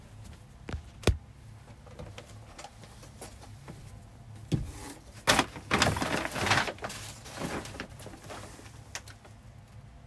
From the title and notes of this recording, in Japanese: 掃除と片付け。ゴミを一箇所に集める。